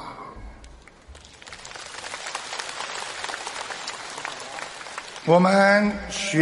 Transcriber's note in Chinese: 掌声